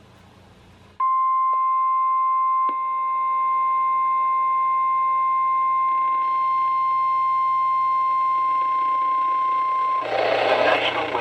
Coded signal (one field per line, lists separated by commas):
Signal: Emergency Alert System (SAME) tones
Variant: 1050 Hz attention tone